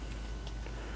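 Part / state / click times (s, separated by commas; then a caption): figure panel tab into body slot / not seated / none. A plastic tab on a panel of a Takara Tomy Beast Wars Premium Finish Rattrap action figure is pushed toward its slot in the figure's body during transformation. A steady low hum runs throughout, with a brief faint tick of handling near 0.5 s. Nothing has seated or clicked yet.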